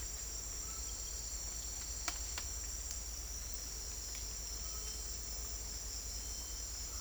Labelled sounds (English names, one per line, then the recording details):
none
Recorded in dense forest near Puerto Asís, Putumayo, Colombia, on 20 December 2024 at 08:00
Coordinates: 0.485, -76.318
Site GP03